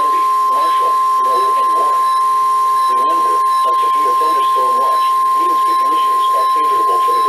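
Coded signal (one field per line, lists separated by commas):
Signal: Emergency Alert System (SAME) tones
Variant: 853 and 960 Hz attention tone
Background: speech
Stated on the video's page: NOAA Weather Radio alerts.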